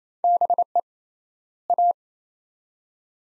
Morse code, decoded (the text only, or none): BE A